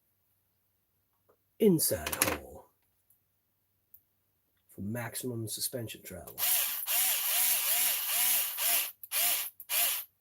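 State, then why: Stripped. Someone talks, then a power driver whirs in steady pulses from about 6.4 s as it drives a screw into the inside hole of a mount on an RC car's suspension, set for maximum suspension travel. Sharp clicks at 9.0 s and 9.6 s break up the whirring as the thread or hole strips out right away, and the screw is stripped.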